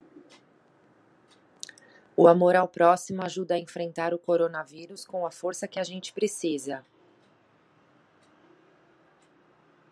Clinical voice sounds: spoken sentence; Brazilian Portuguese; female; 30 to 39 years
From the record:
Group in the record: control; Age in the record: 39 years

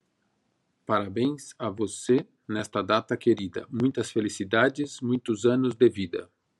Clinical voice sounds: short text; Brazilian Portuguese; male; 50 to 59 years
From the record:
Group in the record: control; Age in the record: 55 years

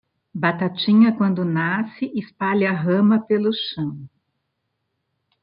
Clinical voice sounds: short text; Brazilian Portuguese; female; 50 to 59 years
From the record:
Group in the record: control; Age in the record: 56 years

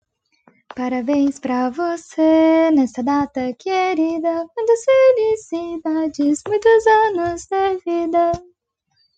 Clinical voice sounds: short text; Brazilian Portuguese; female; 20 to 29 years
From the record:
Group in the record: control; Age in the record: 21 years

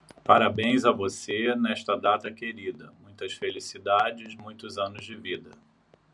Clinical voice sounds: short text; Brazilian Portuguese; male; 60 to 69 years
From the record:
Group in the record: control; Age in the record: 60 years

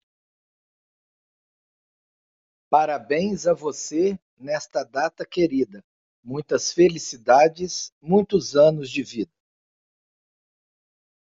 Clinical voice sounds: short text; Brazilian Portuguese; male; 40 to 49 years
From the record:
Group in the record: control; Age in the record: 48 years

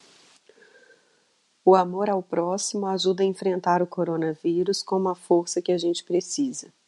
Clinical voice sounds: spoken sentence; Brazilian Portuguese; female; 40 to 49 years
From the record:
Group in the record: control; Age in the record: 40 years

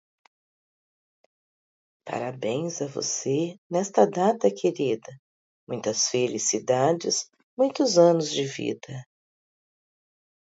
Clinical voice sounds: short text; Brazilian Portuguese; female; 50 to 59 years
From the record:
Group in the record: control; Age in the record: 52 years

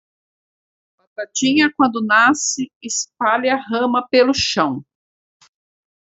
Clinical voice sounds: short text; Brazilian Portuguese; female; 50 to 59 years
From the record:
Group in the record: control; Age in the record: 54 years

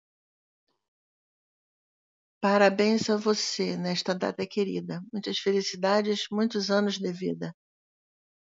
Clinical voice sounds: short text; Brazilian Portuguese; female; 60 to 69 years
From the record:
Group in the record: control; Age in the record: 62 years

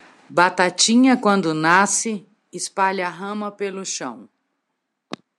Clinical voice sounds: short text; Brazilian Portuguese; female; 60 to 69 years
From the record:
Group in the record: control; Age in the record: 61 years

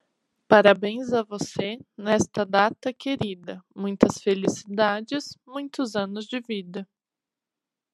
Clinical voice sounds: short text; Brazilian Portuguese; female; 20 to 29 years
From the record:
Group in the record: control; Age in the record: 29 years

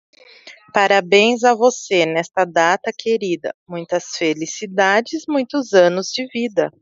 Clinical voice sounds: short text; Brazilian Portuguese; female; 20 to 29 years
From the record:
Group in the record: control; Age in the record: 26 years

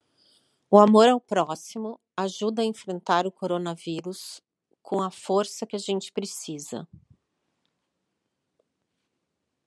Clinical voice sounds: spoken sentence; Brazilian Portuguese; female; 50 to 59 years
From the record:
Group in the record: control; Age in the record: 58 years

